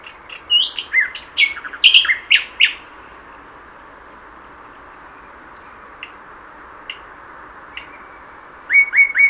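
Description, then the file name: Common nightingale song: varied fluty and sharp notes, a pause, then a long thin high whistle broken into pieces, and a closing run of repeated notes. "Luscinia megarhynchos"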